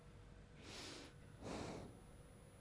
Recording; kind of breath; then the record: one breath in and out by a microphone near the nose and mouth; normal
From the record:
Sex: male